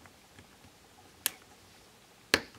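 During reassembly of a Motorola Luge smartphone, a plastic housing part with adhesive applied is set onto the phone frame and pressed into place. Two sharp, loud clicks ring out at 1.3 s and 2.3 s against faint ticking, and the part snaps in and seats.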